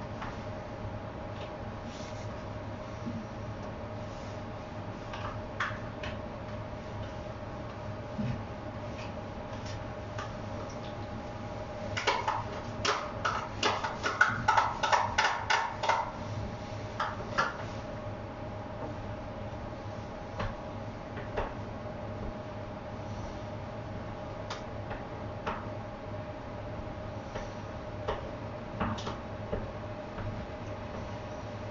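Kitchen sounds while mixing up a sake-lees pickling bed. A steady low hum runs throughout, with scattered clicks and light knocks. Between about 12 and 17 seconds comes a denser burst of tapping, scraping and clattering.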